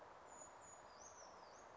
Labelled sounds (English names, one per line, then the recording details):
Brown Creeper
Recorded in Sonoma County, California